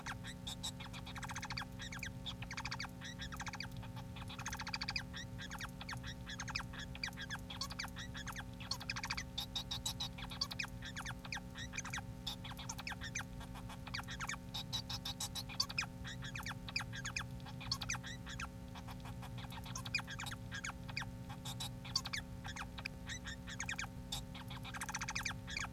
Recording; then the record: song of a male Bengalese finch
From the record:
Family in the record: son of father 4